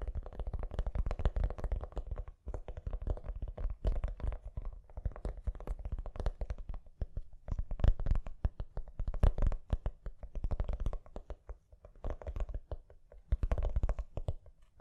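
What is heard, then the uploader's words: Gentle tapping runs almost continuously, a dense patter of soft, quick taps with a low, thumping body and light clicky tops. The rhythm is irregular, coming in bursts with brief pauses around two, seven and twelve seconds. ASMR Gently Tapping You to Sleep (No Talking).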